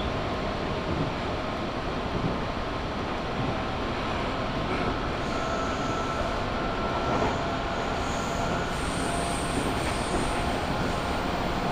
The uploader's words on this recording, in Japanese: 中央西線 十二兼→木曽福島。十二兼駅を過ぎると単線区間が出てきます。